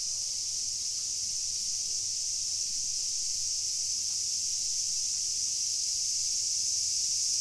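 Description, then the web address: Cicadas singing as an unbroken, even, shrill hiss that never pauses, with a quiet low rumble beneath. Recorded on 2 August 2021. "fukudai fu cicada"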